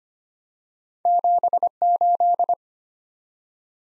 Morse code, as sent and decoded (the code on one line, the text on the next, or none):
--... ---..
78